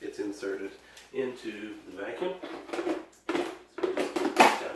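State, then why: Seated. Someone talks while the plastic dustbin is pushed back into the body of an Anker Eufy RoboVac 35C robot vacuum, with a few short knocks before a sharp click at 4.4 s. The dustbin latches and is seated in place.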